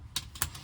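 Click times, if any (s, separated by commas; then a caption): 0.2 s, 0.4 s. A click-type torque wrench set to 29 ft-lb tightens the fill/drain plug on the aluminum rear differential housing of a 2015 Toyota Venza, kept at a moderate setting because the housing is aluminum. Sharp metallic release clicks sound at 0.2 s and 0.4 s, with fainter ticks around them. The wrench clicks cleanly at its setting, confirming the plug is torqued.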